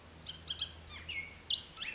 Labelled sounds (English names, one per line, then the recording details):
Bullock's Oriole
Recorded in Sonoma County, California